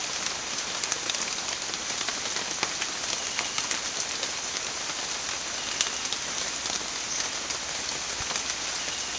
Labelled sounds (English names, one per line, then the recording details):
none
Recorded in pastures near Puerto Asís, Putumayo, Colombia, on 27 June 2025 at 06:00
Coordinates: 0.502, -76.324
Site G010